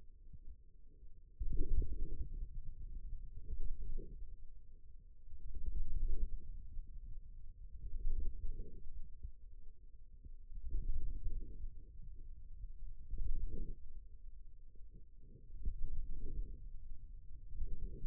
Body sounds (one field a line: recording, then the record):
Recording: forearm muscle sounds (acoustic myography)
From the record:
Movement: ulnar deviation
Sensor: system 2, bracelet of six BSWA MPA416 microphones around the upper forearm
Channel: 3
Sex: male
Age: 22 years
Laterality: right